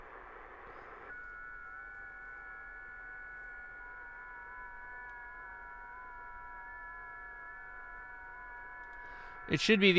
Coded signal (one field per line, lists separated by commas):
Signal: FT8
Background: speech